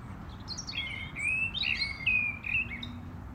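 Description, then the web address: European robin singing a rapid, tumbling phrase of high, thin whistles and twittering notes, varied in pitch, with a steady low rumble underneath. "rotkehlchen"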